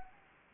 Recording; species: mosquito wingbeat signal from an infrared sensor; Anopheles gambiae